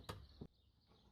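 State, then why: Not seated. The upper plastic trim panel of a VW T5 van tailgate, pressed into place with a rotating motion, is tapped by hand so its clips will snap into the tailgate holes. Two short, dull taps are heard near 0.1 s and 0.4 s, followed by quiet. Nothing has seated or clicked into place yet.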